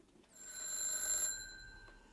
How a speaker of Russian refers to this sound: Я достал из холодильника початую бутылку водки, но раздался телефонный звонок.